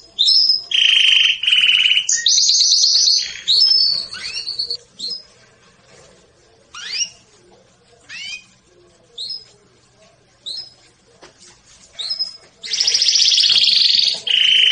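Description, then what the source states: Canary song in bursts: bright high trills and fast sweeping notes, some phrases held for about a second, with short pauses between groups. Domestic canary singing in the Persian "rasmi" song style.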